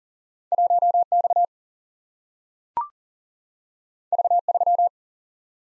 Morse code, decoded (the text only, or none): 1 X V 3